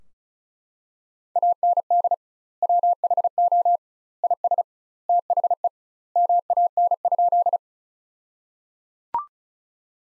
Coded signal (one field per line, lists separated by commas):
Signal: Morse code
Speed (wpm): 34 wpm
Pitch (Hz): 700 Hz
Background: none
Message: AND WHO IS THE MAN?